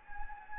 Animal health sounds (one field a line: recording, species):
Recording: mosquito wingbeat signal from an infrared sensor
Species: Anopheles gambiae